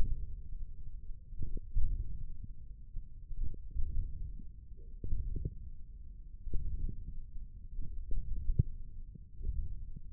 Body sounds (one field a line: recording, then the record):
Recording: forearm muscle sounds (acoustic myography)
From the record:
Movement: hook grip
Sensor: system 1, eight BSWA MPA416 microphones around the upper forearm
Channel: 3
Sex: male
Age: 20 years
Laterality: left